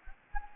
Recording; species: mosquito wingbeat signal from an infrared sensor; Anopheles gambiae